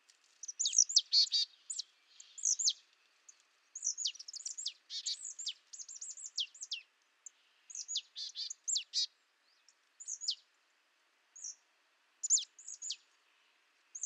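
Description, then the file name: Marsh tit calling with many sharp, high downslurred notes, often in quick pairs or clusters, repeated steadily through the whole stretch with short gaps. "Poecile palustris"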